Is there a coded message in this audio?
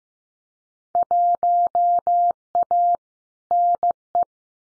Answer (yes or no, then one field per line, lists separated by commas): yes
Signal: Morse code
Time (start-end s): 1.0-4.2 s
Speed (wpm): 15 wpm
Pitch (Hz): 700 Hz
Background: none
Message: 1A NE